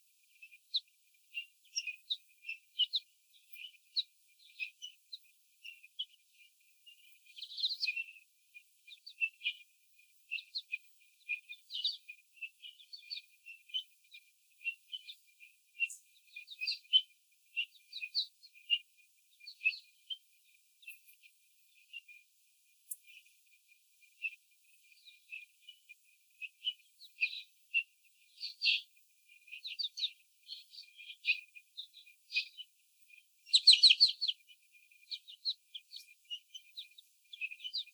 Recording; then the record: young laying hens in a cage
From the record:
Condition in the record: before the stressor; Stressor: sudden umbrella opening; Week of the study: 3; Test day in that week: 2